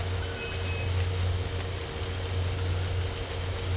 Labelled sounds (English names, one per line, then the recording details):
none
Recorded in dense forest near Puerto Asís, Putumayo, Colombia, on 8 March 2025 at 02:00
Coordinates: 0.468, -76.322
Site GP01